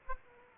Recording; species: mosquito wingbeat signal from an infrared sensor; Aedes aegypti